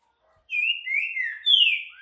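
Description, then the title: Green-winged saltator song: loud, clear whistled notes sliding down, a long level whistle, then a bright falling whistle, all within about a second and a half. Rare song type called curricutil boi boca mole, played to warm up and train a caged bird for singing contests. "ESQUENTAR Seu TRINCA Piando, Cantando E Macheando Na DISPUTA. CANTO RARO!! TRINCA FERRO CURRICUTIL BOI BOCA MOLE! ENCARTE"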